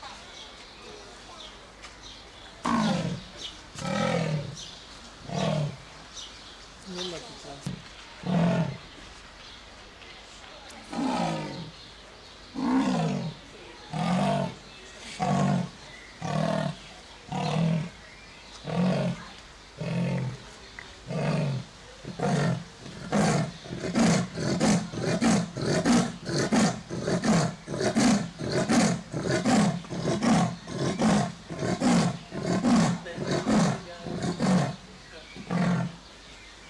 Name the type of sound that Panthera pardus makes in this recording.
call